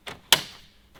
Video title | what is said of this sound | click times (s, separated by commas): I Rebuilt A $96,000 Porsche Macan GTS CHEAP! | oh ouais le son de succès | 0.3 s